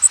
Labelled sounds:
Bay-breasted Warbler (Setophaga castanea) flight call

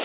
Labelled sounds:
Pine Warbler (Setophaga pinus) flight call

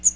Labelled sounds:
Magnolia Warbler (Setophaga magnolia) flight call

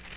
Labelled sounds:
Black-throated Green Warbler (Setophaga virens) flight call

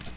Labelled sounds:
Magnolia Warbler (Setophaga magnolia) flight call

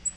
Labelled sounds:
Black-throated Green Warbler (Setophaga virens) flight call

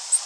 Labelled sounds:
Orange-crowned Warbler (Leiothlypis celata) flight call

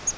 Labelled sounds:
Yellow-rumped Warbler (Setophaga coronata) flight call

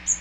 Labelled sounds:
Magnolia Warbler (Setophaga magnolia) flight call

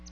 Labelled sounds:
Palm Warbler (Setophaga palmarum) flight call

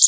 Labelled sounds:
Wilson's Warbler (Cardellina pusilla) flight call

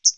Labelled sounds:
Hooded Warbler (Setophaga citrina) flight call

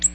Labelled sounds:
Ovenbird (Seiurus aurocapilla) flight call

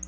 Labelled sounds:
Black-throated Blue Warbler (Setophaga caerulescens) flight call

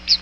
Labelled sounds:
Chestnut-sided Warbler (Setophaga pensylvanica) flight call

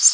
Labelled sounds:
Prothonotary Warbler (Protonotaria citrea) flight call

